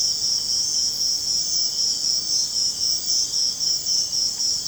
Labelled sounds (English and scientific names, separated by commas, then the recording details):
none
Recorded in secondary vegetation near Puerto Asís, Putumayo, Colombia, on 21 March 2025 at 03:30
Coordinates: 0.485, -76.322
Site G040